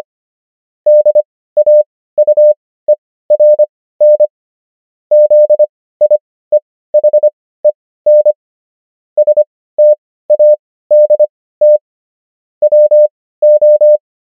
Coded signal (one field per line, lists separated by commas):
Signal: Morse code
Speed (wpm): 25 wpm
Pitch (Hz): 600 Hz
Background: none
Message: DAUERN ZIEHEN STADT WO